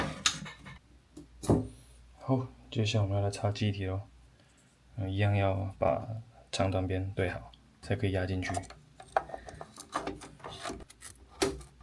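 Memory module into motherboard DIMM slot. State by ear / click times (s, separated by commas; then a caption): seated / 11.4 s. Someone talks while a DDR memory stick is lined up by its long and short notch sides and pressed into a motherboard DIMM slot. A single click sounds at 11.4 s as the retention latch snaps. The module is seated and all is fine.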